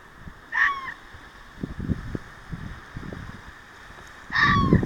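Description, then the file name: Fox giving two short, rasping yelps about four seconds apart, with soft low rustling and thumps in between. Recorded 6 June 2024. "キツネ 240606"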